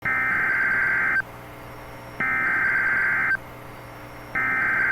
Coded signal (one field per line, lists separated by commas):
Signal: Emergency Alert System (SAME) tones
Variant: header bursts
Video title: Tornado Warning (Crittenden, Lee, Phillips, St. Francis Counties, AR (4/2/25) [EAS #121]